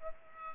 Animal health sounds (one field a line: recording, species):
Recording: mosquito wingbeat signal from an infrared sensor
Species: Aedes aegypti